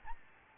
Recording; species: mosquito wingbeat signal from an infrared sensor; Aedes albopictus